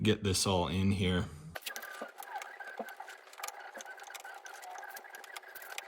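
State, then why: Seated. A new plastic windshield side molding is rotated by two hands into place along the windshield edge of a 1992 Honda Civic, with the serrated edges of its red plastic clips pushing into orange retaining clips. Someone talks briefly, then sharp clicks are heard at 1.6, 1.7, 1.8, 3.4, 3.5 and 5.8 seconds over faint rustling. The clips lock in and the molding is seated.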